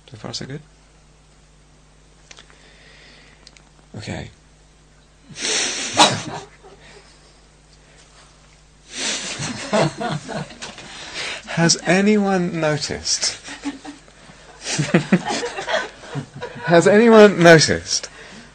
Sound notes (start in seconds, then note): 9.2 laughter; 14.5 laughter